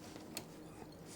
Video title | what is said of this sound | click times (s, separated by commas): Brother PE900 embroidering out an ibroidery design | and you pull it to the left and you'll feel and hear the click like I showed you before into the bird's mouth | 0.4 s